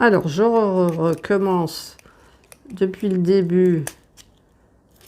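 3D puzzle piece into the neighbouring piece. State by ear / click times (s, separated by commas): not seated / none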